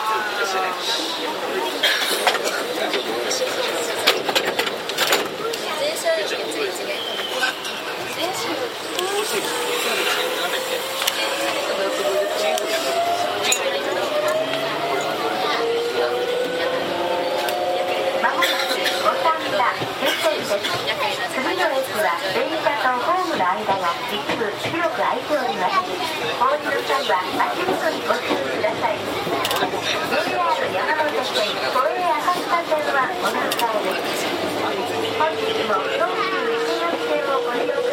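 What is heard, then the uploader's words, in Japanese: A ride aboard a Tokyu 7700 series train between Kamata and Gotanda, with a steady, dense rumble and rattle throughout. Gliding tones from the motors rise and fall, strongest around 10 to 20 seconds, while voices run underneath. 東急7700系 蒲田→五反田。東急7700系（7001F）蒲田→五反田。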